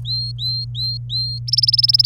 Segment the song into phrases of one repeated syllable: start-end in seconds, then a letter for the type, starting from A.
0.00-1.39 A, 1.48-2.06 B